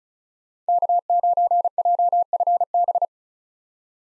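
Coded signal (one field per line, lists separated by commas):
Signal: Morse code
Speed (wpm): 36 wpm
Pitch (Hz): 700 Hz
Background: none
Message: K9JFB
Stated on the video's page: Morse head-copy drill at 35 wpm of common 2023 POTA activator callsigns, each sent, spoken, then sent again.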